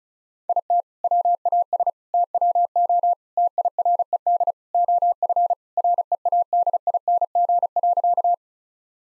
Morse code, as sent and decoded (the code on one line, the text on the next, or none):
.. - / .-- .- ... / - .-- --- / - .. .-. . -.. / --- ..-. / .-. . .- -.. .. -. --. .-.-.-
IT WAS TWO TIRED OF READING.